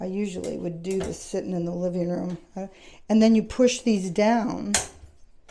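An occupational therapist sets up a plastic and metal bathtub transfer bench, pushing down its adjustable legs or latches toward their locked position while someone talks, with faint handling noises in between. The clip ends just before the leg latch goes home, so nothing has seated or clicked yet.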